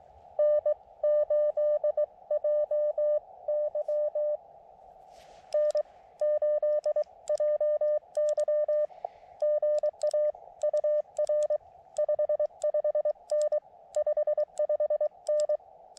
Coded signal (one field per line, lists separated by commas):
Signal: Morse code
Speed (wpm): 23 wpm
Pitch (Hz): 600 Hz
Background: none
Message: N8JY N8JY GA UR 55N 55N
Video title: CW POTA/SOTA at Connecticut Hill Wildlife Management Area with the Elecraft KX2